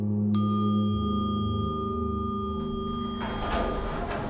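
A door opens and closes: a bright, sustained ringing tone starts abruptly and holds steady, then a soft rushing slide rises near the end. No one speaks.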